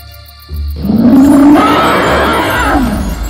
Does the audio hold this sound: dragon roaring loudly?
yes